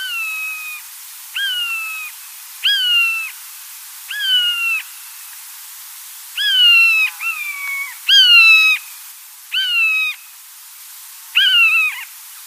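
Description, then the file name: Common buzzard mewing repeatedly, about nine nasal, level-then-dropping cries at intervals of a second or two, two coming in a quick pair past the middle. "oiseau Buse"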